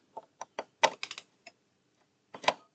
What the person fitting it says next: hear that click as it locks in